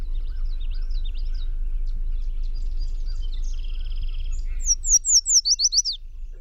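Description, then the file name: Yellow warbler singing a bright, rapid series of high downslurred notes near the end, after softer chips and a faint trill from other birds, with steady low background noise. Recorded on 22 June 2001. "2001-06-22 Yellow Warb PW"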